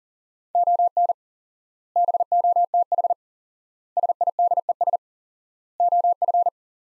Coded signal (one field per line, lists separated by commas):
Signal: Morse code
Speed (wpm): 40 wpm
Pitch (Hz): 700 Hz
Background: none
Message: ON BOTH SIDES OF